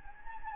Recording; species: mosquito wingbeat signal from an infrared sensor; Anopheles gambiae